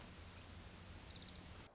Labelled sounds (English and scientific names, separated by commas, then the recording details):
Orange-crowned Warbler (Leiothlypis celata)
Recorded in Sonoma County, California